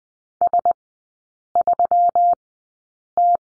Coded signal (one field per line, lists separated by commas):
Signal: Morse code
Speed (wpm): 20 wpm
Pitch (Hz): 700 Hz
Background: none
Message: S3T